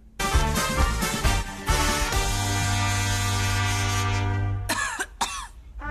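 Loud pop music with a steady beat and sustained synth tones gives way, near the end, to two short, harsh coughing bursts from a woman. The cough is acted, placed in a Macedonian quarantine-era pop song as a deliberate effect rather than a sign of illness.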